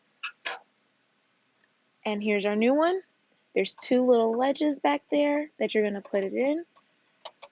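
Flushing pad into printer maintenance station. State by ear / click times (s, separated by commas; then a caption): seated / 7.2 s, 7.4 s. A new plastic flushing pad is set onto two ledges at the back of a printer maintenance station and pushed down until it latches. Someone talks, then two sharp clicks sound at about 7.3 and 7.4 seconds as the pad snaps home and seats.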